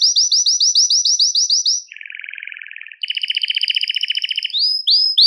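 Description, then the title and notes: Belgian canary song: quick repeated downslurred chirps, a low buzzy rattle, then a rapid high trill ending with rising sweeps. "Canario Belga, nyonyastudio"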